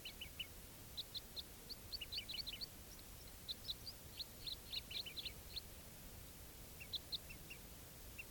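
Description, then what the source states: Crossbill flight calls, sharp repeated chips from several birds in bunched runs, pausing briefly before a few more notes, steady hiss behind. Wild flock flying over from one grove to another without stopping; quite a few birds present.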